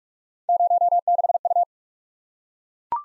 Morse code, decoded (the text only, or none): 06U